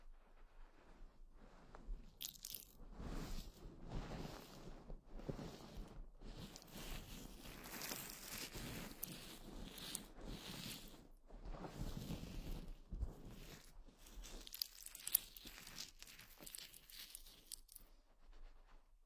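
Head treatment sounds: a steady run of soft rubbing, brushing and crackling strokes that continue with little pause from about two seconds to near the end. The touches come in uneven bursts, some brighter and scratchier, with a few sharp clicks along the way.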